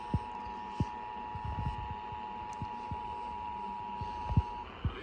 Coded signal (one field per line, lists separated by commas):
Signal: Emergency Alert System (SAME) tones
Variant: 853 and 960 Hz attention tone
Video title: RARE SATURDAY RMT, MISSOULA??? EAS Tests from June 2025 (EAS #5,965 - 6,012)